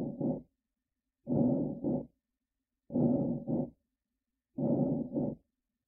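Rapid, labored breathing at about 36 breaths a minute, with harsh paired in-out rushes, from tension pneumothorax.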